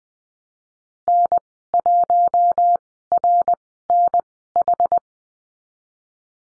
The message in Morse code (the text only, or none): N1RNH